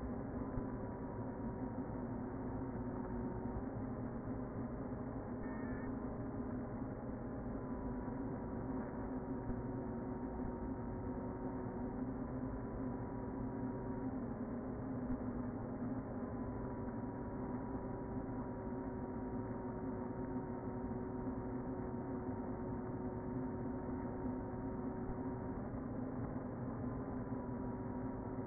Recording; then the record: honeybee colony, microphone inside the hive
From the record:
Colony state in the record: queen present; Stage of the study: before two queens were removed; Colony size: about 60,000 bees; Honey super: yes